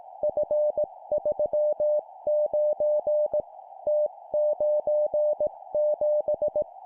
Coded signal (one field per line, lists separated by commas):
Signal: Morse code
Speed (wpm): 18 wpm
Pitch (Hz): 600 Hz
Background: music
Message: F39 T97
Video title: 17wpm Three letter words letter,number,number, cw morse code